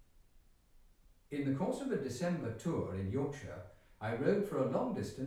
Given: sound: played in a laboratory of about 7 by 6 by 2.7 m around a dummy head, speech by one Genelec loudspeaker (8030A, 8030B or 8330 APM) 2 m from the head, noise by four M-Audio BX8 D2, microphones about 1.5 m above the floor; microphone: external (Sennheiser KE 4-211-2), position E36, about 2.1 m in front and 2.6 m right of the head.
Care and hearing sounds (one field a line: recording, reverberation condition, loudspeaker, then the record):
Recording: male speech in English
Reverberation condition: medium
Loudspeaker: behind (180 degrees)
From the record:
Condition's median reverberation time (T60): about 510 ms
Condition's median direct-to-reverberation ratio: about -0.5 dB